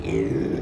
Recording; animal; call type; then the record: contact call of a hoofed animal; pig; closed-mouth grunt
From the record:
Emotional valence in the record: negative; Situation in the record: short social isolation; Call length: 0.62 s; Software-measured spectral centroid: 1400 Hz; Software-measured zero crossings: 900 a second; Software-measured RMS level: -24 dBFS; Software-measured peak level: -10 dBFS